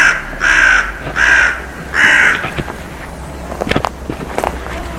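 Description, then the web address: Bird giving three harsh, hoarse caws in quick succession, then falling quiet while faint clicks and rustles continue in the background. "cianscape. Deverinetal 2025. Bird Only"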